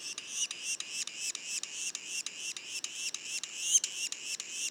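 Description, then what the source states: Yellow-bellied sapsucker young call with quick, high-pitched squeaky notes repeated several times a second, slightly uneven in spacing and volume. Juveniles, recorded in Mont-Orford National Park, Quebec; mono recording.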